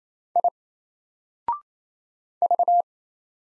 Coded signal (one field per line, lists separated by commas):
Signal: Morse code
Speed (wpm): 27 wpm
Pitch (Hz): 700 Hz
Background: none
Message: I V